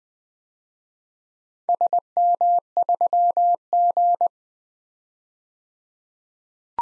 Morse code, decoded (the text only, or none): SM3G